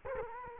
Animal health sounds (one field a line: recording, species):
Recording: mosquito wingbeat signal from an infrared sensor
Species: Culex quinquefasciatus